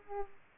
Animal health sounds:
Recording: mosquito wingbeat signal from an infrared sensor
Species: Aedes aegypti

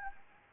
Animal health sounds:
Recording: mosquito wingbeat signal from an infrared sensor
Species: Anopheles arabiensis

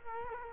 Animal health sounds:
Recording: mosquito wingbeat signal from an infrared sensor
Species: Culex quinquefasciatus

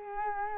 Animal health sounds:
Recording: mosquito wingbeat signal from an infrared sensor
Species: Culex quinquefasciatus

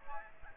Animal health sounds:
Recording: mosquito wingbeat signal from an infrared sensor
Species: Aedes aegypti

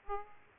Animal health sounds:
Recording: mosquito wingbeat signal from an infrared sensor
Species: Aedes aegypti

